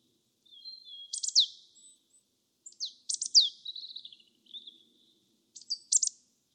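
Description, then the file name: Marsh tit calling in quick bursts of sharp, descending high notes followed by lower buzzy chatter, with a thin whistled note before the first burst. "Poecile palustris"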